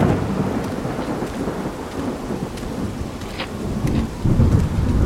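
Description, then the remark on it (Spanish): A night thunderstorm with heavy rain over a valley: a steady, dense roar of downpour throughout, with low thunder rumbling underneath that swells louder near the end. No voices. “Conforme caminábamos hacia la casa y en mitad de la tormenta, me sentía más inseguro, más vulnerable.”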